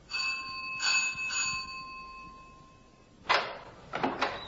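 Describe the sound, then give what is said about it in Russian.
A doorbell rings with a bright, sustained metallic tone, struck twice in quick succession before fading out, followed after a pause by a few short, clattering bursts of noise. “Позвоню вот в эту дверь.”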